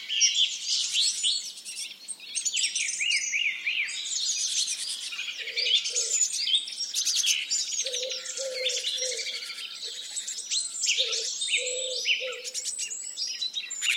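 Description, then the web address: Birds singing in a dense chorus: overlapping high twitters, trills and whistles throughout, with short low hooting notes in pairs and triplets joining partway through. Forest in the Urals. "cantando na floresta dos urais colecao de cantos de passaros"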